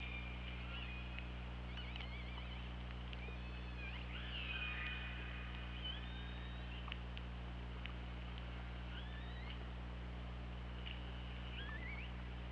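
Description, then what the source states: Orca calls, a lively series of bending, rising and falling tonal calls with a few sharp clicks, heard underwater over a constant low drone. Recorded on an OrcaLab hydrophone, 24 August 2017 at 21:14.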